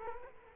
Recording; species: mosquito wingbeat signal from an infrared sensor; Culex quinquefasciatus